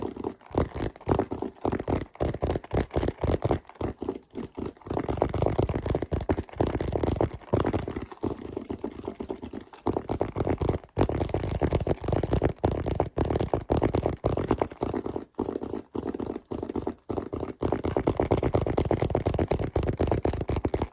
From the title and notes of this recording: ASMR LOFI Fast & Aggressive Tapping & Scratching (No Talking).